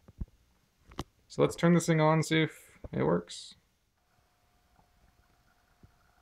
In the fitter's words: and lock it back into place